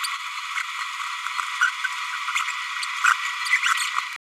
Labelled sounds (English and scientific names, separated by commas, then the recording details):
Green-rumped Parrotlet (Forpus passerinus) babbling
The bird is a male
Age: 30 days
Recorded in a nest box in Venezuela
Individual 17B102A4